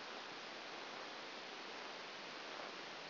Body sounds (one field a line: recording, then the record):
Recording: brain microelectrode recording played as sound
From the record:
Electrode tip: outside the subthalamic nucleus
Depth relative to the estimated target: 3.5 mm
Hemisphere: left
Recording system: AlphaMap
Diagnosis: Parkinson's disease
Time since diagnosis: 11 years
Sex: female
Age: 60 years